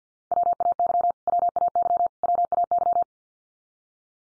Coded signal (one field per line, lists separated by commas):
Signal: Morse code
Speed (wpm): 50 wpm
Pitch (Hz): 700 Hz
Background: none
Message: WAY WAY WAY